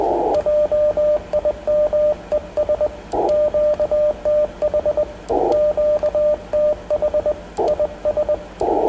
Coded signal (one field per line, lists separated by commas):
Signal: Morse code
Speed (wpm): 21 wpm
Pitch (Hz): 590 Hz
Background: radio noise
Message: JIM ES QTH QTH IS